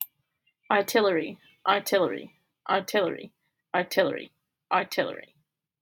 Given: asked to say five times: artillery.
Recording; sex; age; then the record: repeated word; female; 20 to 29 years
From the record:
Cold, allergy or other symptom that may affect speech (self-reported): no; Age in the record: 25 years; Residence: Georgia, United States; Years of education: 13